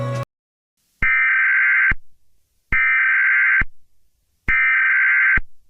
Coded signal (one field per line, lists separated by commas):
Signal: Emergency Alert System (SAME) tones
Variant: header bursts